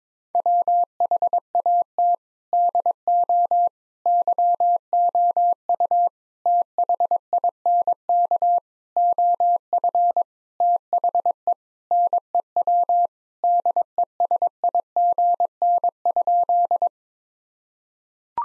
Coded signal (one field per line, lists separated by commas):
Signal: Morse code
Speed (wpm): 22 wpm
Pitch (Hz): 700 Hz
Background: none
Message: WHAT DO YOU THINK OF THE NEW DESIGN?